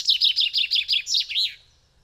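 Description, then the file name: Common chaffinch song: a series of bright, repeated chipping notes at an even pace, finishing with a short flourish. "Fringilla coelebs"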